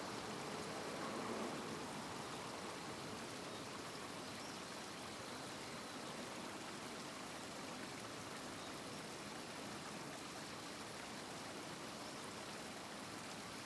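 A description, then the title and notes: A river flows right beside a city, its water rushing in a steady, dense wash that fills the whole clip without pause. A faint low rumble of traffic sits underneath, and the sound swells slightly louder in the first two seconds before settling. A river that flows right next to the city.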